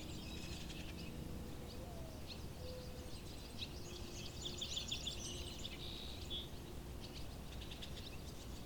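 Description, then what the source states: Barn swallows giving scattered high twitters and a brief chattering run midway, with faint tonal notes lower down and constant low background noise. Barn swallows at the pond.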